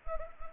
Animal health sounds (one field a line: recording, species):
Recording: mosquito wingbeat signal from an infrared sensor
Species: Anopheles gambiae